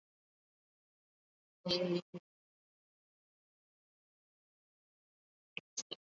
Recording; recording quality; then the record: sustained vowel as in made; poor, much background noise or distortion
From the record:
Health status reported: COVID-19 positive, mild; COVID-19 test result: positive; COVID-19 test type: RT-PCR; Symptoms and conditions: fever, fatigue, muscle pain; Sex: female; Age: 30 years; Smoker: no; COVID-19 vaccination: both doses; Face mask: worn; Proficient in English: no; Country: India